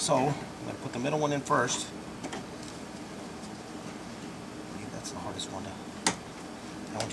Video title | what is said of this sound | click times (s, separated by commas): How to replace the Fuel Pump on a 2001 Chevy Impala 3.4L | That one just snaps into place. | 6.1 s